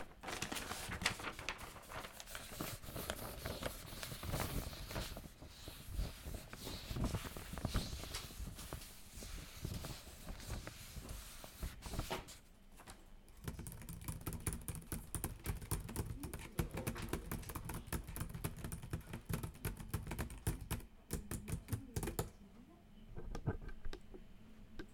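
A calm office ambience full of dense, irregular clicking and tapping, like keyboards and small objects being handled, with murmured speech mixed in. The activity runs steadily, thins briefly around twelve seconds, then resumes, growing sparser and quieter near the end.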